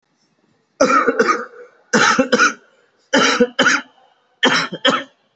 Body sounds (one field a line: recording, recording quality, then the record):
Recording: heavy voluntary cough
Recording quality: excellent, no background noise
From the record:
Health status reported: COVID-19 positive, mild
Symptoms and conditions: loss of smell and taste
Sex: male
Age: 22 years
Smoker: not ticked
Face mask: worn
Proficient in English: yes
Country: India